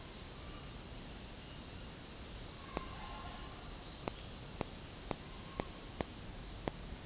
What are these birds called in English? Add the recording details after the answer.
none. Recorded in dense forest near Puerto Asís, Putumayo, Colombia, on 19 February 2024 at 12:00. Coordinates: 0.503, -76.322. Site G6418